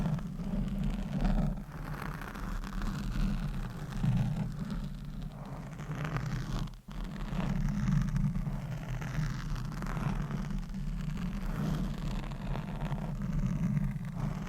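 Scratching and massage on a microphone give a thick, steady rumbling rub that barely lets up, heavy in the low end with a rough, grainy hiss above. The texture swells and eases in slow waves, with one brief break just before the seven-second mark.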